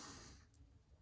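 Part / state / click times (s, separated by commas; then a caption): plastic jaw protector onto pliers wrench jaw / not seated / none. A plastic jaw protector is handled against the jaw of a matching-model Knipex 7¼-inch pliers wrench with a laser-etched head. A broadband rustle fills the first 0.4 seconds, then fades to quiet low noise with only a faint brief high-frequency blip near 0.55 seconds. Nothing has seated or clicked yet.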